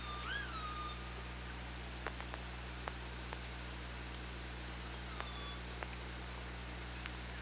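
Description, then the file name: Killer whale call: one bright tonal call that rises then falls at the start, followed by scattered sharp clicks over a constant low hum. OrcaLab hydrophone, 24 August 2017, 15:51. "Orca Lab UTLN JASON 20170824 155132"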